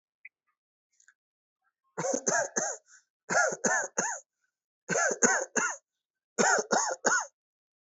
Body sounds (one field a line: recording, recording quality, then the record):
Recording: shallow voluntary cough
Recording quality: excellent, no background noise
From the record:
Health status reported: healthy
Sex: male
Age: 29 years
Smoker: yes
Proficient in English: yes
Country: India